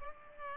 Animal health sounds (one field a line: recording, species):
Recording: mosquito wingbeat signal from an infrared sensor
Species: Culex pipiens